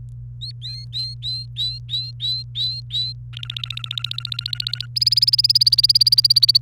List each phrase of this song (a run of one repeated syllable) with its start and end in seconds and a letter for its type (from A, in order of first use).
0.41-3.13 A, 3.33-4.86 B, 4.96-6.58 C